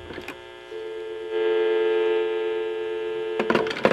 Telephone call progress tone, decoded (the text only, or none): dial tone